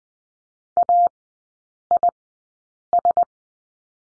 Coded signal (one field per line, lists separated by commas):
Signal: Morse code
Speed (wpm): 20 wpm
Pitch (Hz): 700 Hz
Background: none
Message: AIS